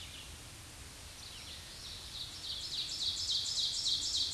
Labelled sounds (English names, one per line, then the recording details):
Ovenbird song
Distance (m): 30 m
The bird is about 5 m above the microphone
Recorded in a Pennsylvania forest on 16 May 2024 at 07:05
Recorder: AudioMoth, point MSD-2146
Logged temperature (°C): 16.7 °C
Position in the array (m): 147 m, 6 m